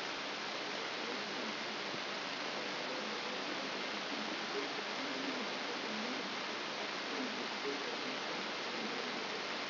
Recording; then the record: brain microelectrode recording played as sound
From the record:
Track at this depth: outside the subthalamic nucleus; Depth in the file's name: 6.301 mm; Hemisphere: left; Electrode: 3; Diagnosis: Parkinson's disease